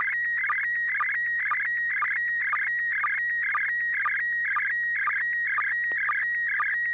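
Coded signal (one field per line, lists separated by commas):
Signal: SSTV (slow-scan television)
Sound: warbling, chirping tone with a steady click-like sync blip about twice a second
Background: low hum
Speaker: River City Arc slow scan TV net this net serves for training and practice in image transmission modes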